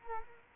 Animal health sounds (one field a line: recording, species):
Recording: mosquito wingbeat signal from an infrared sensor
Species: Culex quinquefasciatus